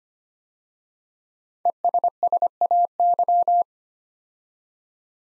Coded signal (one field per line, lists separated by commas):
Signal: Morse code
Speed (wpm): 25 wpm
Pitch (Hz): 700 Hz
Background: none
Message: ESSAY